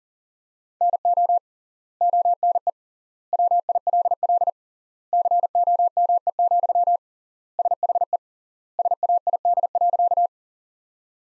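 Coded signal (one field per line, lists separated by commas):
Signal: Morse code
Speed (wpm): 40 wpm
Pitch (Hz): 700 Hz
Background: none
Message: NO ONE WILL COME, SHE SAID.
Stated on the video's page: Sentence practice from the top 100 words at 40 wpm with 3x word spacing, similar to the Farnsworth method.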